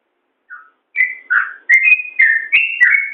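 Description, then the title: Yellow-vented bulbul song: a soft opening note, then a lively string of bubbly, slurred whistles swinging up and down in pitch. "Suara Trucukan"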